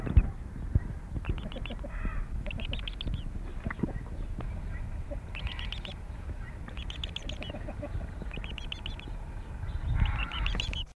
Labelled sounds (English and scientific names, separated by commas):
Spotted Owl (Strix occidentalis) call